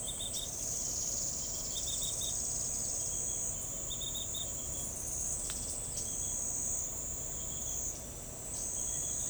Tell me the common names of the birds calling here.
none